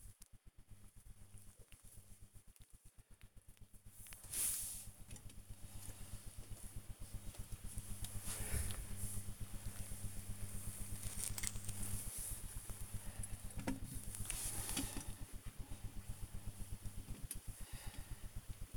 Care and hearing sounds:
household activities, microphone on the right wrist
0.00-18.77 s: dusting model cars

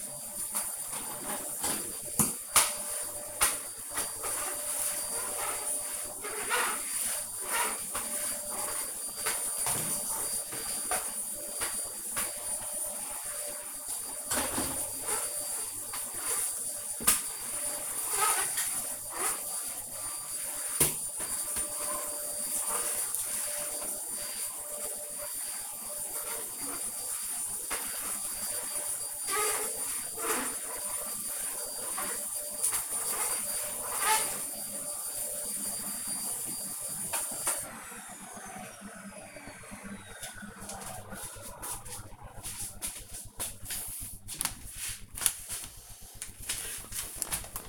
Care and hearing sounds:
household activities, microphone on the right wrist
0.00-36.62 s: vacuum cleaning
44.66-47.69 s: cleaning out the dishwasher

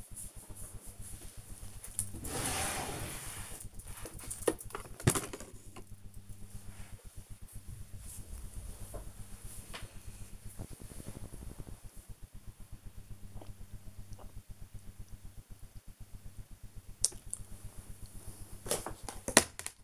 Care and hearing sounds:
household activities, microphone on the right wrist
0.00-4.80 s: cleaning the cupboard
6.81-19.84 s: tidy up the cupboard

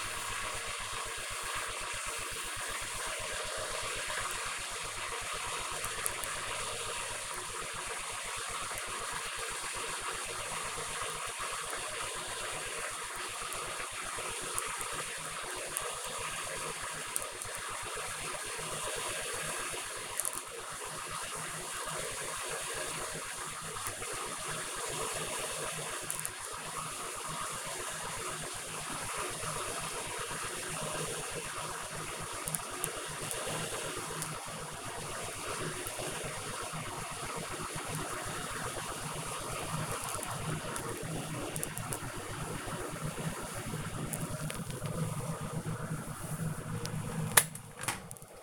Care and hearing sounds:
household activities, microphone on the right wrist
0.00-48.43 s: making tea

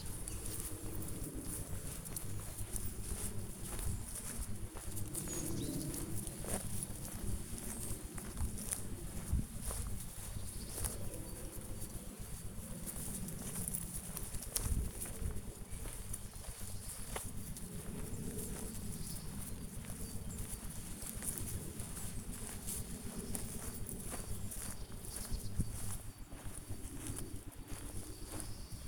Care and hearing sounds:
household activities, microphone on the right wrist
0.00-28.88 s: going for a walk with dog

